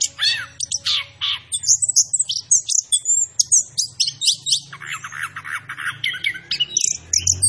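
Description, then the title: Orange-headed thrush pouring out a rich, jumbled song of high whistles, chirps and rapid trilled notes, with a low background hum throughout. Called Anis Kembang, singing vigorously (gacor); labelled Macan B2. "Anis Kembang Gacor. Suara Anis Kembang Macan B2"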